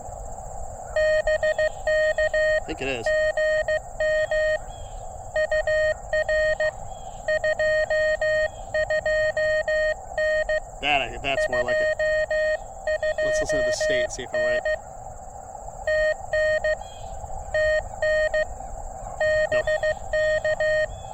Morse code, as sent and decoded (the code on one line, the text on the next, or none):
-... -.- / --. -- / ..- .-. / ..--- ..--- -. / ..--- ..--- -. / - -. / - -. / -... -.-
BK GM UR 22N 22N TN TN BK